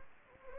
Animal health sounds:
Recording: mosquito wingbeat signal from an infrared sensor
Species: Anopheles gambiae

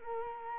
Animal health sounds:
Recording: mosquito wingbeat signal from an infrared sensor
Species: Culex quinquefasciatus

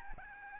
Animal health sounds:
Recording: mosquito wingbeat signal from an infrared sensor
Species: Aedes albopictus

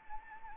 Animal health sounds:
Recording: mosquito wingbeat signal from an infrared sensor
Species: Anopheles arabiensis

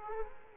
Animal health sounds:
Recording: mosquito wingbeat signal from an infrared sensor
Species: Culex quinquefasciatus

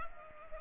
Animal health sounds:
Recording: mosquito wingbeat signal from an infrared sensor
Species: Culex pipiens

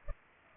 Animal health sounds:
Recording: mosquito wingbeat signal from an infrared sensor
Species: Culex pipiens

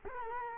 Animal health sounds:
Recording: mosquito wingbeat signal from an infrared sensor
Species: Culex quinquefasciatus

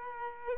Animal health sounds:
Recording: mosquito wingbeat signal from an infrared sensor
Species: Aedes aegypti

